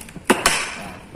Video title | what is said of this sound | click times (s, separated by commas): bahan materi mengajar pak zally (bongkar pasang perahu karet) | sampai klik dia klik. | 0.3 s, 0.5 s